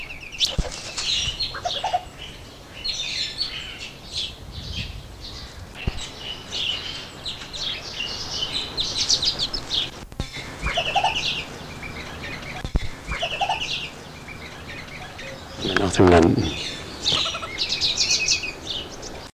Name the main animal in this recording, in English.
Western Plantain-eater